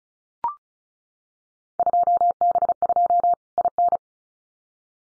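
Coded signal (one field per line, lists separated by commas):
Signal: Morse code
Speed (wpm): 36 wpm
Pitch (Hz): 700 Hz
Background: none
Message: 2B2 IN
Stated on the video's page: Field Day exchange copying drill at 35 wpm; each exchange sent in Morse, spoken, then sent again.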